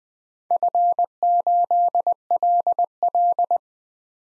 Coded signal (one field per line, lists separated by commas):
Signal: Morse code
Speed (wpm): 20 wpm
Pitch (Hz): 700 Hz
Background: none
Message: F8LL